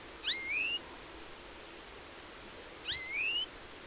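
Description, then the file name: European greenfinch calls: two rising whistled notes, each a short high slur followed by a longer upward-sweeping whistle, about two and a half seconds apart. "Chloris chloris"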